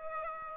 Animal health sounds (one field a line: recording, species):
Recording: mosquito wingbeat signal from an infrared sensor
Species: Aedes albopictus